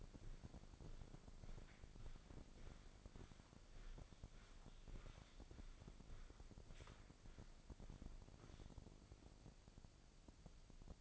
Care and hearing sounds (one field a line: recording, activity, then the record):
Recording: daily activity, microphone in the room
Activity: walk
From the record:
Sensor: 5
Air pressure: 1009.4 hPa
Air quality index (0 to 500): 145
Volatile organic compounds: 2 ppm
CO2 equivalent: 1123 ppm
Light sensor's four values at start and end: 333/793/341/381 and 332/789/340/380